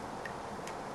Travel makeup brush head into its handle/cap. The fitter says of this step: vous l'ouvrez, hop, ça s'emboîte